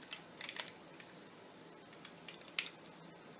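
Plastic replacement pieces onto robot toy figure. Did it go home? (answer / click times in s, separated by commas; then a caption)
no / none. Two replacement plastic pieces are handled and pushed onto a robot toy figure, giving a few short, sharp ticks and clacks around 0.1, 0.6 and 2.6 seconds against quiet background hiss. Nothing has seated or clicked into place yet.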